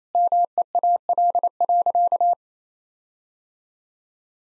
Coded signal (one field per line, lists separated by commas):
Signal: Morse code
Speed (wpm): 28 wpm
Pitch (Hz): 700 Hz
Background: none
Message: MEAL.